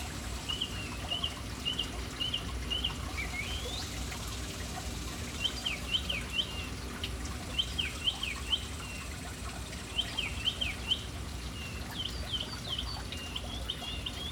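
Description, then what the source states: Bird chirps in scattered bursts of quick, sharp notes over continuous falling water. Birds in a city, hanging around a fountain in an urban setting.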